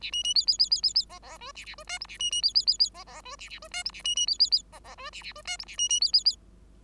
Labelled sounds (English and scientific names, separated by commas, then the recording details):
Bengalese Finch (Lonchura striata domestica) song
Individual Bird5